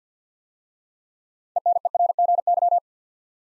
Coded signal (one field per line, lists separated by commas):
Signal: Morse code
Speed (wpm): 52 wpm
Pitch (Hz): 700 Hz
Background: none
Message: ENERGY